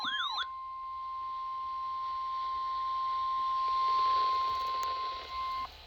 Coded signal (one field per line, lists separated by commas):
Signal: Emergency Alert System (SAME) tones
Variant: 1050 Hz attention tone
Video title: KDO89 Required Weekly Test. 1/28/26 EAS #538